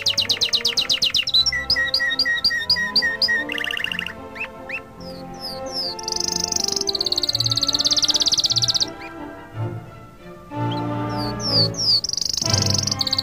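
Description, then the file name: Canary song: fast trills, series of repeated chirps, a buzzy high roll and quick descending notes, with pauses and background music throughout. Canary song mixed with music. "suara kenari dan musik"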